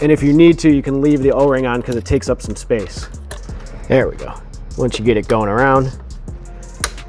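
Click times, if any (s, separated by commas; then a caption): 6.8 s. A ring fitted with an O-ring is worked around the intake funnel of a 2023 BMW S 1000 RR motorcycle air filter, the velocity stack on the airbox, while someone talks. It snaps into position with a sharp click at 6.8 s, after which the ring can still spin but has no play up and down.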